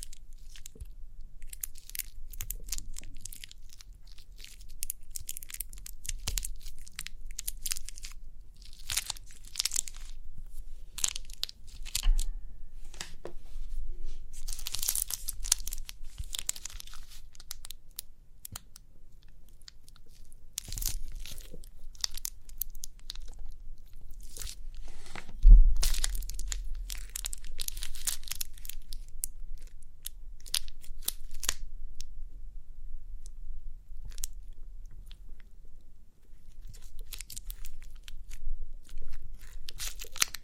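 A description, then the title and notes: Crinkly pimple popping sounds: dense, irregular bursts of bright crinkling and crunching, with quick snaps scattered throughout. A low rumble sits underneath, and a sharp thump near 25 seconds briefly swells the low end before the crinkling carries on. Crinkly Pimple Popping.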